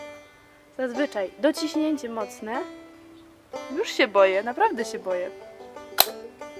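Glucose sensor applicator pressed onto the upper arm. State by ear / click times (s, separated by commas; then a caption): seated / 6.0 s. A plastic FreeStyle Libre glucose sensor applicator is pressed firmly against the upper arm while someone talks. At 6.0 s it fires with a single sharp click, inserting the sensor filament, and the sensor is seated on the arm without hurting.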